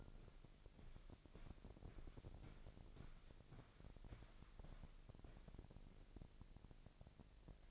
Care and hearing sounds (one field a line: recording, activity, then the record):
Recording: daily activity, microphone in the room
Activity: walk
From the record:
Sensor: 5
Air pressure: 1001.8 hPa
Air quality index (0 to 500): 185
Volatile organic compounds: 13 ppm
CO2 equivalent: 2380 ppm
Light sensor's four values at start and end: 33/107/41/43 and 33/107/41/43